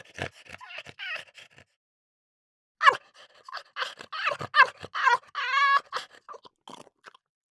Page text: French Bulldog Yelp. Quick Sounds